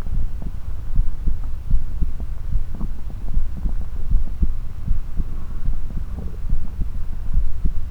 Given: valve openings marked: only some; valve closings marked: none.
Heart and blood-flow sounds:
heart sounds by stethoscope; 75 bpm
0.17 s: heartbeat (ECG mark)
0.99 s: heartbeat (ECG mark)
1.02 s: aortic valve opens (echo mark)
1.74 s: heartbeat (ECG mark)
2.55 s: heartbeat (ECG mark)
3.37 s: heartbeat (ECG mark)
4.14 s: heartbeat (ECG mark)
4.91 s: heartbeat (ECG mark)
5.68 s: heartbeat (ECG mark)
6.53 s: heartbeat (ECG mark)
7.37 s: heartbeat (ECG mark)
From the record:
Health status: healthy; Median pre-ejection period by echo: 29 ms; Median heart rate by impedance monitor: 71 bpm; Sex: female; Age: 20 years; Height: 170 cm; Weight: 60 kg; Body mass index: 20.76

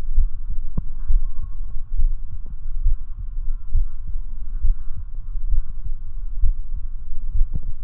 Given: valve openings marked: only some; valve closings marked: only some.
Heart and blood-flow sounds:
heart sounds by stethoscope; 67 bpm
0.19 s: heartbeat (ECG mark)
0.24 s: aortic valve opens (echo mark)
0.52 s: aortic valve closes (echo mark)
1.11 s: heartbeat (ECG mark)
2.00 s: heartbeat (ECG mark)
2.87 s: heartbeat (ECG mark)
3.76 s: heartbeat (ECG mark)
3.81 s: aortic valve opens (echo mark)
4.09 s: aortic valve closes (echo mark)
4.66 s: heartbeat (ECG mark)
4.71 s: aortic valve opens (echo mark)
5.53 s: heartbeat (ECG mark)
5.60 s: aortic valve opens (echo mark)
6.44 s: heartbeat (ECG mark)
6.50 s: aortic valve opens (echo mark)
6.78 s: aortic valve closes (echo mark)
7.37 s: heartbeat (ECG mark)
From the record:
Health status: healthy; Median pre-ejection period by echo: 55 ms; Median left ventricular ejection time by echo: 281 ms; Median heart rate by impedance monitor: 67 bpm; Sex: male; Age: 40 years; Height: 179 cm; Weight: 76 kg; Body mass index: 23.72

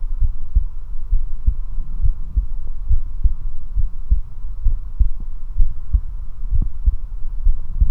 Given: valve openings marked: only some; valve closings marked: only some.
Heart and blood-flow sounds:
heart sounds by stethoscope; 66 bpm
0.23 s: heartbeat (ECG mark)
1.15 s: heartbeat (ECG mark)
1.18 s: aortic valve opens (echo mark)
1.49 s: aortic valve closes (echo mark)
2.05 s: heartbeat (ECG mark)
2.36 s: aortic valve closes (echo mark)
2.92 s: heartbeat (ECG mark)
3.79 s: heartbeat (ECG mark)
4.68 s: heartbeat (ECG mark)
4.71 s: aortic valve opens (echo mark)
5.01 s: aortic valve closes (echo mark)
5.61 s: heartbeat (ECG mark)
5.65 s: aortic valve opens (echo mark)
5.94 s: aortic valve closes (echo mark)
6.55 s: heartbeat (ECG mark)
7.48 s: heartbeat (ECG mark)
7.52 s: aortic valve opens (echo mark)
7.81 s: aortic valve closes (echo mark)
From the record:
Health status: healthy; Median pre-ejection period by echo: 39 ms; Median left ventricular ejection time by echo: 302 ms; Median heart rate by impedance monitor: 66 bpm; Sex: male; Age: 19 years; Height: 179 cm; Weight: 78 kg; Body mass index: 24.34

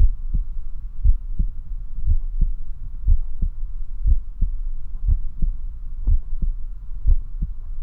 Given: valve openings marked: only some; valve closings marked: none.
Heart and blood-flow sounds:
heart sounds by stethoscope; 59 bpm
0.01 s: heartbeat (ECG mark)
1.06 s: heartbeat (ECG mark)
2.08 s: heartbeat (ECG mark)
3.09 s: heartbeat (ECG mark)
4.09 s: heartbeat (ECG mark)
5.09 s: heartbeat (ECG mark)
5.15 s: aortic valve opens (echo mark)
6.09 s: heartbeat (ECG mark)
6.15 s: aortic valve opens (echo mark)
7.09 s: heartbeat (ECG mark)
From the record:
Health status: healthy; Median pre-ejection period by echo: 61 ms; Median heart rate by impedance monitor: 60 bpm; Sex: male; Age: 21 years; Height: 174 cm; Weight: 70 kg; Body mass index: 23.12

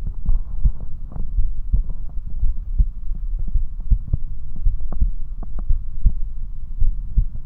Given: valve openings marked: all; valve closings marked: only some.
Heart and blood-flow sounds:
heart sounds by stethoscope; 55 bpm
0.31 s: heartbeat (ECG mark)
0.40 s: aortic valve opens (echo mark)
0.66 s: aortic valve closes (echo mark)
1.40 s: heartbeat (ECG mark)
1.49 s: aortic valve opens (echo mark)
1.77 s: aortic valve closes (echo mark)
2.45 s: heartbeat (ECG mark)
2.54 s: aortic valve opens (echo mark)
2.83 s: aortic valve closes (echo mark)
3.57 s: heartbeat (ECG mark)
3.66 s: aortic valve opens (echo mark)
3.94 s: aortic valve closes (echo mark)
4.67 s: heartbeat (ECG mark)
4.77 s: aortic valve opens (echo mark)
5.03 s: aortic valve closes (echo mark)
5.71 s: heartbeat (ECG mark)
5.81 s: aortic valve opens (echo mark)
6.08 s: aortic valve closes (echo mark)
6.83 s: heartbeat (ECG mark)
6.92 s: aortic valve opens (echo mark)
From the record:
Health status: healthy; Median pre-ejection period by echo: 96 ms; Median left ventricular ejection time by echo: 280 ms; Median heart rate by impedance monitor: 56 bpm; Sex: male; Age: 20 years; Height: 178 cm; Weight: 77 kg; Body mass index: 24.30

